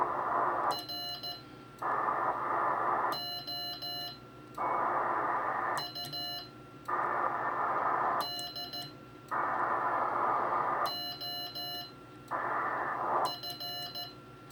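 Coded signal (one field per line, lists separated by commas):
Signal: Morse code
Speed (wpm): 14 wpm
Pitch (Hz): 2900 Hz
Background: radio noise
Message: ROUD OF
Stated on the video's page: A CW contact with an operator making his first CW QSO since 1979.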